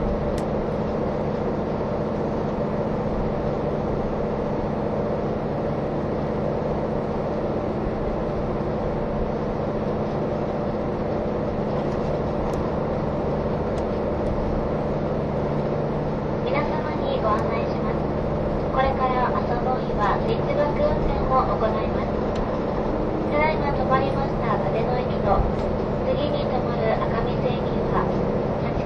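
Onboard the KiHa 183 series Asoboy! No. 103 train between Kumamoto and Miyaji, a steady low engine drone and rolling rumble run throughout. From about sixteen seconds on, voices of passengers talking come and go over the constant hum.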